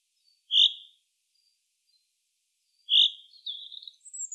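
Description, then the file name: Common chaffinch calls: two sharp high pink notes about two and a half seconds apart, followed by a quick run of twittering notes. "Fringilla coelebs"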